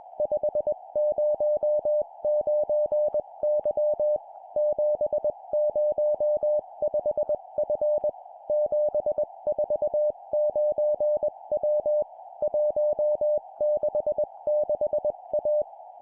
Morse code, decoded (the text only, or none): 509Y 705F 749W 166A